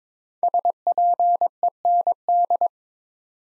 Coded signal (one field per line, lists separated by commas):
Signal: Morse code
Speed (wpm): 23 wpm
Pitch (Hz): 700 Hz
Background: none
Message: SPEND